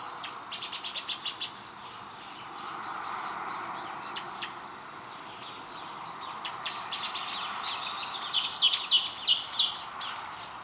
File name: Turdus merula